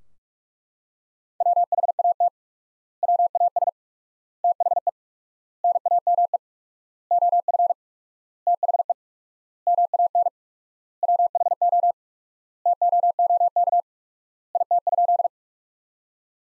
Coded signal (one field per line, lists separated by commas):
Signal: Morse code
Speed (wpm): 42 wpm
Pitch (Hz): 700 Hz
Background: none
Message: WHAT WAS THE NAME OF THE MAN WHO TOOK IT?